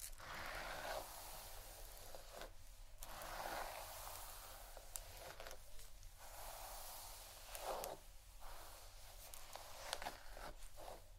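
Hair being brushed in soft, repeated swishing strokes, with brief pauses near three and eight seconds and a low steady hum underneath.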